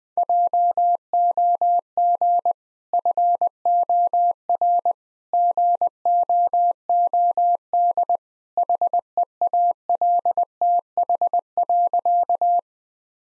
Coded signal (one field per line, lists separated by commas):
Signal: Morse code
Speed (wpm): 21 wpm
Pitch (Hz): 700 Hz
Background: none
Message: JOG FOR GOOD HEALTH.